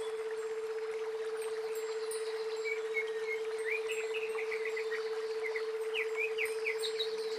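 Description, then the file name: Greater green leafbird song: quick, bright whistled and chirping notes, strongest from about two and a half seconds on, over a constant steady hum. "cucak ijo"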